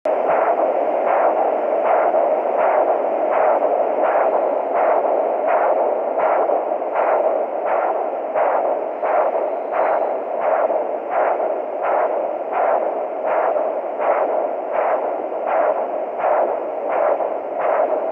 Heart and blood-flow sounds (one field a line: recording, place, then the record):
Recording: Doppler ultrasound of blood flow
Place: carotid artery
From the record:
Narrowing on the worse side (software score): occlusion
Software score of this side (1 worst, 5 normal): 3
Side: right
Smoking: never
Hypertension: no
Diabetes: type 1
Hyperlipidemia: yes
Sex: female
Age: 26 years